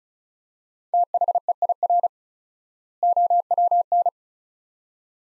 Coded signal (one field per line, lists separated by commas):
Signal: Morse code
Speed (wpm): 36 wpm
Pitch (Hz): 700 Hz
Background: none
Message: THEIR OWN